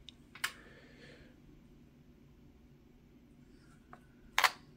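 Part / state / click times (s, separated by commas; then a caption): wireless earbuds into their charging case / seated / 0.4 s, 4.4 s. Soundpeats GoFree2 open-ear wireless earbuds are brought close to their plastic charging case and snap into place under magnetic pull. Sharp plastic clicks ring out at 0.5 s and 4.4 s, each with a bright, brief rattle, and a fainter tick comes at 3.9 s. Both earbuds end up seated in the case.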